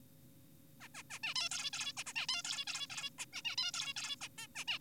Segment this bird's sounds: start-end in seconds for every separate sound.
0.81-0.88, 0.95-1.03, 1.10-1.19, 1.23-1.34, 1.36-1.49, 1.52-1.70, 1.73-1.93, 1.97-2.04, 2.06-2.13, 2.16-2.26, 2.29-2.42, 2.44-2.64, 2.67-2.87, 2.90-3.10, 3.19-3.26, 3.33-3.42, 3.45-3.56, 3.58-3.72, 3.74-3.94, 3.96-4.16, 4.21-4.28, 4.38-4.47, 4.56-4.64, 4.68-4.79